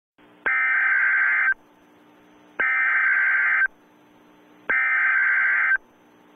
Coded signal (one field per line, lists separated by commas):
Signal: Emergency Alert System (SAME) tones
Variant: header bursts